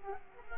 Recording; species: mosquito wingbeat signal from an infrared sensor; Culex quinquefasciatus